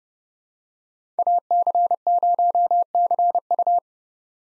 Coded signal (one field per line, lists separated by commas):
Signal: Morse code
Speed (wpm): 30 wpm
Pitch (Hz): 700 Hz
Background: none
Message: AC0CU